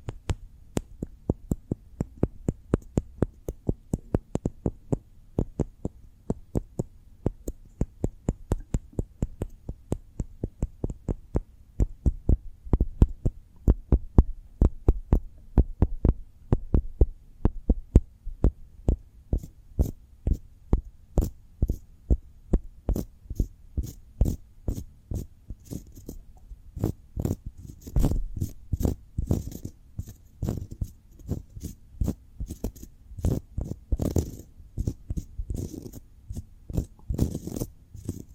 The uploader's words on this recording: ASMR Cork Triggers. (No Talking).